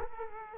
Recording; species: mosquito wingbeat signal from an infrared sensor; Culex quinquefasciatus